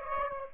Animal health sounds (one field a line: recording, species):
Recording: mosquito wingbeat signal from an infrared sensor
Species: Aedes aegypti